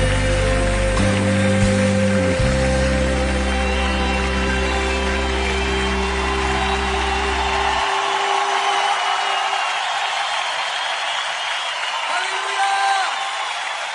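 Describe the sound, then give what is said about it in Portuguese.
A crowd claps steadily in a dense, continuous wash of applause, mixed at first with sustained low musical chords that drop away after several seconds, leaving the clapping alone. “si le va a aplaudir, hágalo con todo su corazón, con toda su fuerza.”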